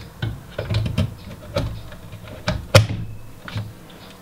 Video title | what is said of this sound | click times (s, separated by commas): How to build a computer, complete guide 2014 | you go it clicks in place | 2.5 s